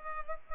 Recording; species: mosquito wingbeat signal from an infrared sensor; Culex pipiens